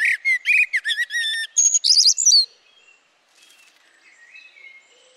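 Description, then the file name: Eurasian blackbird delivering a fast series of sharp, ringing chirps and whistles for over two seconds, then faint, scattered notes. "Turdus merula"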